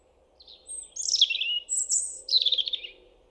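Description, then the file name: European robin song with a high sustained whistle, quick trilled runs falling in pitch, and a final rattling flourish; soft low rumble underneath. "Erithacus rubecula"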